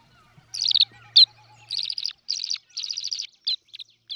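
Tree swallow chatter: bursts of liquid, buzzy twittering notes in short clusters with brief gaps, plus a faint low hum early on.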